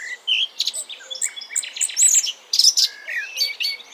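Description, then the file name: Eurasian blackcap song: a dense, hurried warble of high chirps, trills and whistled phrases, with short pauses between bursts. "Sylvia atricapilla"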